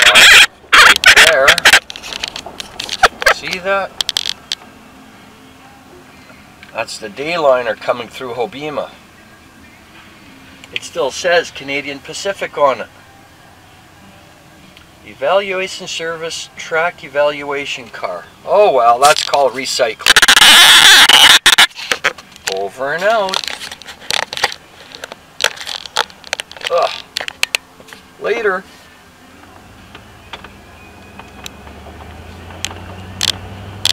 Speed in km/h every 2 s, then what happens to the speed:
16, 8, 0, 0, 0, 0, 0, 0, 0, 0, 0, 0, 0, 0, 0, 10, 17.
0-4 brakes to 0. 4-28 standing. 28-34 pulls away to 17.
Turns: none.